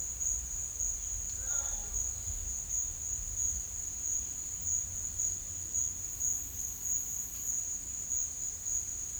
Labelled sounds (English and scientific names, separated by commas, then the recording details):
none
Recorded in secondary vegetation near Puerto Asís, Putumayo, Colombia, on 18 December 2024 at 12:30
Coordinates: 0.485, -76.322
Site GP08